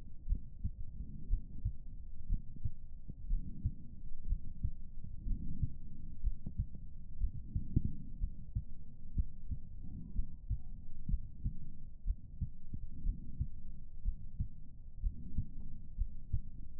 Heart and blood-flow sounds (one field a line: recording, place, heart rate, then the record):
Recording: heart sounds by stethoscope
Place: pulmonary valve (PV)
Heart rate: 60 bpm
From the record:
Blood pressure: 142/86 mmHg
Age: 52 years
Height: 156 cm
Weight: 64 kg